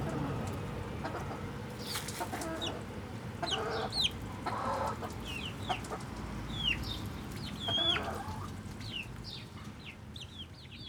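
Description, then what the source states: Chickens: a run of high, downward-slurred chick peeps throughout, mixed with a few short, harsh clucks over a steady low hum. Hens and chicks in a henhouse in the Atelier 34zero museum garden, Jette, Brussels, Belgium; recorded with DPA 4060 microphones in AB position into a Zoom F3.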